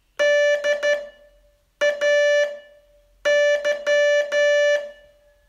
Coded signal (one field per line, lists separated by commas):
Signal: Morse code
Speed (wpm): 12 wpm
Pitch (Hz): 580 Hz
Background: music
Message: DAY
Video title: Learn Morse in 42 Days from VU2LAU - day 35 test